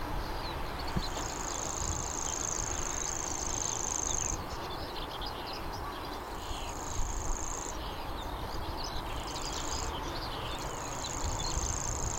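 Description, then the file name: Grasshopper warbler reeling song: a thin, steady, very high mechanical trill running in bursts of one to four seconds, broken by gaps, with scattered chirps from other birds behind. "canto da felosa malhada"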